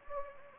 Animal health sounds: mosquito wingbeat signal from an infrared sensor; Anopheles gambiae

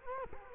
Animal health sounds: mosquito wingbeat signal from an infrared sensor; Culex quinquefasciatus

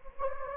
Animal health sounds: mosquito wingbeat signal from an infrared sensor; Anopheles gambiae

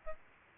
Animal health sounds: mosquito wingbeat signal from an infrared sensor; Aedes albopictus

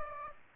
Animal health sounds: mosquito wingbeat signal from an infrared sensor; Aedes aegypti

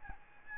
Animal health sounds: mosquito wingbeat signal from an infrared sensor; Aedes albopictus

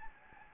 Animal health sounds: mosquito wingbeat signal from an infrared sensor; Anopheles gambiae

